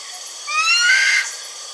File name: buffy fish owl